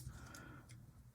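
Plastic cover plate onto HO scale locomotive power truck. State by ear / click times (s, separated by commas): not seated / none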